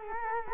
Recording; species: mosquito wingbeat signal from an infrared sensor; Culex quinquefasciatus